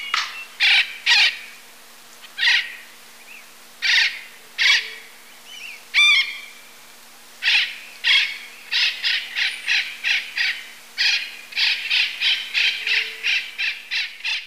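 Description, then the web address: Yellow-eared parrot giving loud, harsh, grating squawks, first spaced out, then coming rapidly in a dense series, against a quiet background. Recorded in Ecuador. "Birds of Ecuador. Yellow-eared Parrot"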